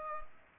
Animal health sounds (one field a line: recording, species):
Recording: mosquito wingbeat signal from an infrared sensor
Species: Culex pipiens